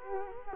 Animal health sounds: mosquito wingbeat signal from an infrared sensor; Culex quinquefasciatus

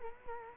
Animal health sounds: mosquito wingbeat signal from an infrared sensor; Culex quinquefasciatus

